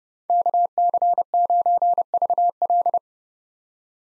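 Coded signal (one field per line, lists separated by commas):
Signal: Morse code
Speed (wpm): 30 wpm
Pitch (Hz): 700 Hz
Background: none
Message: KC9VL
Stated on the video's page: Morse practice of five-character USA call signs at 30 wpm with 8x Farnsworth character spacing.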